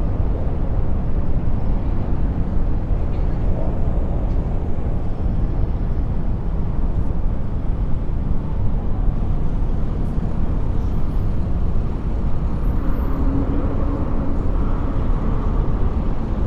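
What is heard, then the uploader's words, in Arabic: A noisy city scene: a constant, dense roar of traffic and crowd murmur that never lets up. The sound is low and heavy, with indistinct voices mixed into the din and a few faint brighter clinks or chirps near the ten- and thirteen-second marks. مشهد المدينة الصاخب | أصوات من أفق المدينة. نستدرجك لتصعد 20 طابقًا فوق منظر المدينة المتنوع.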